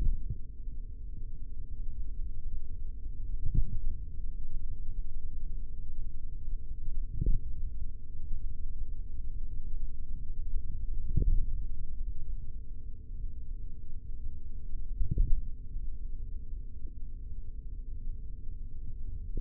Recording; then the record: forearm muscle sounds (acoustic myography)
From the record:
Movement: finger pinch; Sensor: system 3, bracelet of six PUI Audio POM-2738L microphones around the upper forearm, with dedicated amplification and filtering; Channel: 4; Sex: male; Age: 43 years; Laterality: right